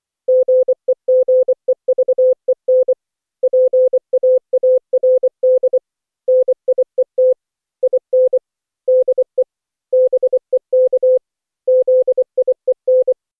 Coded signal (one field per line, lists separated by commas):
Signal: Morse code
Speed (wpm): 24 wpm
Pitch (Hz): 510 Hz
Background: none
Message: GEGEVEN PAARD NIET IN DE BEK ZIEN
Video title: Daily Minutes, November 18, 2015, without the Contestia.